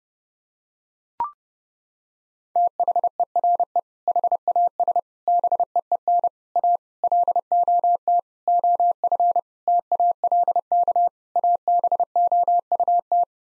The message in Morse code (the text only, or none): THERE HAS BEEN A LOT OF TALK ABOUT